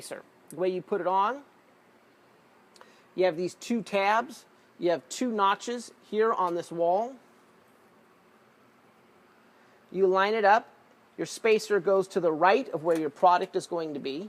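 Someone talks while a plastic spacer with two tabs is handled and lined up against the two notches on the column wall of a DN5000 soda vending machine, positioned to the right of where the product will go. A couple of faint, brief handling sounds occur around 2.8 s between the stretches of speech. Nothing has seated or clicked yet.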